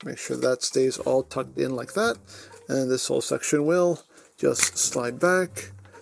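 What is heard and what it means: Someone talks while handling a plastic Transformers MP-57 Masterpiece Skyfire figure during transformation, keeping a folded panel tucked in as the plastic back section is readied to slide back into the robot body. Faint handling sounds sit under the speech, and nothing has seated or clicked yet.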